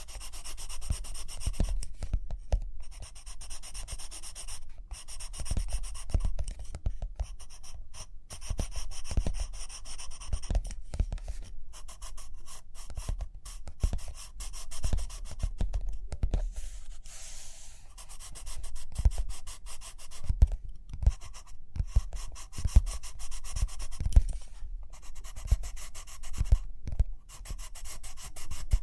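Paper rustles and a pen scratches in short, busy strokes throughout, with soft dull taps landing every second or two. The scratching comes in bursts with brief pauses, and a softer, smoother sweep of paper passes around the middle.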